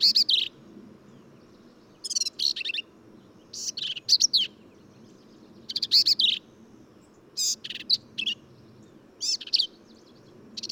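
Black-capped vireo song of hurried, harsh, chattering high phrases, delivered roughly every one to two seconds.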